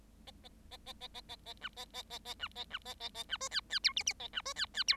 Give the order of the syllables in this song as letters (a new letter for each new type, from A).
A A A A A A A A B A A A A B A B A A A B C D D E F F A B C D D E